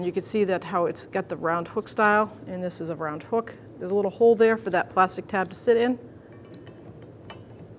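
Someone talks while pointing out the small hole for the plastic tab on the round-hook wiper arm of a 1997-2006 Jeep Wrangler and lining up a new wiper blade on the hook before pushing it home. After the talking stops, a few faint light handling taps are heard around 6.5 to 7.3 seconds, with music underneath. The blade has not seated or clicked yet.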